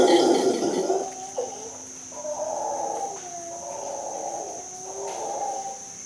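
Monkey calls: a loud, harsh opening outburst followed by several drawn-out tonal hoots that waver and slide in pitch, over a steady high background hiss.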